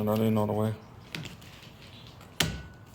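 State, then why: Seated. Someone talks briefly, then a plastic Parrati wiper blade clip is pushed further onto the hook of a metal wiper arm, with a faint tap at 1.2 s. At 2.4 s it snaps fully home with a sharp click and is locked in place.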